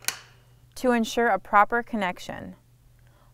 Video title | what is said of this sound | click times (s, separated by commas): OnCare® Dolphin Fluid Immersion Simulation® Instructional Video | It's important to listen for a click. | 0.1 s